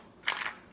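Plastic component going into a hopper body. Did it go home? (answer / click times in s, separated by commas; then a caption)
yes / 0.3 s. After being refitted because it was put in wrong in a hurry, a plastic part is pushed into a hopper body and snaps into place with a single sharp, crunchy pop at 0.3 s. The pop is bright and mostly upper-mid in tone and fades out within about a quarter second. The part is seated.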